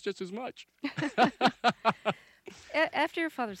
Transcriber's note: laughter